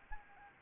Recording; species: mosquito wingbeat signal from an infrared sensor; Anopheles arabiensis